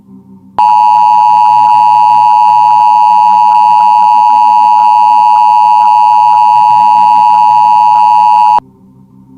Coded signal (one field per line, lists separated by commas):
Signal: Emergency Alert System (SAME) tones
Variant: 853 and 960 Hz attention tone